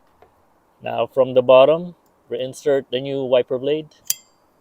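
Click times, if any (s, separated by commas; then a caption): none. A new PIAA silicone wiper blade with its adapter is being reinserted from below onto the J-hook wiper arm of a 2006 Toyota Sienna while someone talks. A faint tick occurs at 0.2 s and a brief sharp broadband tap near 4.1 s, but nothing has seated or clicked yet.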